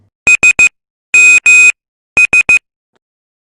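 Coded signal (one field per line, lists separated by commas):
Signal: Morse code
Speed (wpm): 15 wpm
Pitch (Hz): 2500 Hz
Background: none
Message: S M S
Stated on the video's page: Morse code lesson covering letters A-Z and numbers 0-9.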